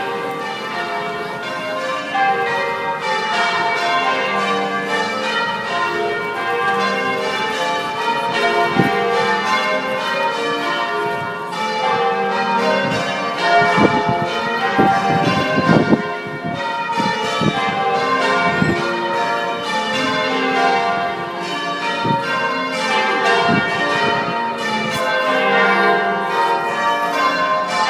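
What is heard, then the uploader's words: Church bells ring in a continuous, dense change-ringing pattern, strokes following one another quickly and evenly for the whole stretch. The bells sound bright, with ringing overtones layering into a constant wash, and a few heavier low strokes around the middle. Bell ringing practice at St Paul's by Dave Haynes.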